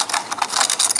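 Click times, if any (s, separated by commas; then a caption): 0.2 s, 0.4 s, 0.6 s, 0.7 s, 0.9 s, 1.0 s. A plastic fuel filler cap is screwed onto a vehicle's fuel filler neck during an EVAP smoke test and turned until its ratchet clicks. A rapid series of sharp, bright ratchet clicks is heard at 0.2, 0.4, 0.6, 0.7, 0.9 and 1.0 seconds. The cap is tightened to its click point.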